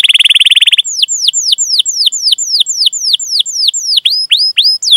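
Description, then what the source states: Canary song opening with a quick trill, followed by a steady series of descending whistled slurs about four per second, closing with rising notes. Kept songbird for bird-keeping hobbyists; lively singer with the finest song phrases and a rich fill-in repertoire.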